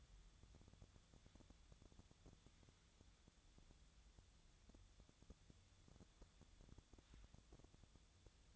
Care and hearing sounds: daily activity, microphone in the room; wipe stove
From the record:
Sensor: 3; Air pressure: 1004.8 hPa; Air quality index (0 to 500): 74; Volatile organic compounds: 2 ppm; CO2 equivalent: 1107 ppm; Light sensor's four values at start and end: 8/19/8/7 and 8/19/8/7

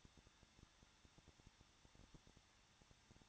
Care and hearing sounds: daily activity, microphone in the room; no activity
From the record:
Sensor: 3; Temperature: 21.2 degrees Celsius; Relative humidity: 36.3%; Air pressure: 1006.3 hPa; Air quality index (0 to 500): 222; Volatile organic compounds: 42 ppm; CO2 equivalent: 3176 ppm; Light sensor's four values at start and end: 2/3/2/2 and 2/3/2/2

